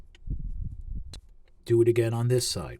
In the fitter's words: that's on the lower part of what was the skirt piece and that will secure the leg into place